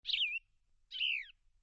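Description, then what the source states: Bird giving a crisp two-note call: two slurred, falling whistled notes, each about a third of a second long, separated by a short pause, with no other sounds. Described as a crisp two-tone call.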